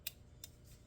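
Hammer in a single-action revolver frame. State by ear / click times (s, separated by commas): seated / 0.1 s, 0.4 s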